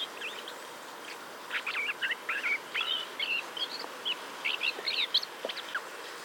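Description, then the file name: Common blackbird producing quick chirps and thin squeaky notes in grouped bursts, mostly after a quieter start, with a steady hiss behind. "Turdus merula"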